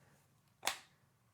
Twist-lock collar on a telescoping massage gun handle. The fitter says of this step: It's unlocked.